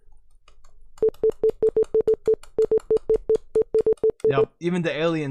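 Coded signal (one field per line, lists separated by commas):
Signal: none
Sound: stream alert sound effect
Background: speech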